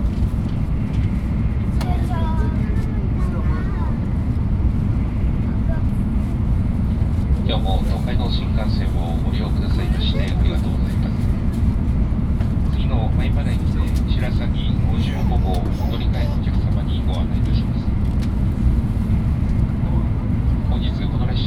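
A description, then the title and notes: Inside a Shinkansen, a dense, steady low rumble fills the carriage without letup. Over it, people talk in short bursts, most clearly around two seconds and again from about seven to sixteen seconds, with faint higher clicks and rattles throughout. Internal Shinkansen Sound - Tokyo to Nagano. Sound recorded with Zoom H2N in 2 channel surround mode.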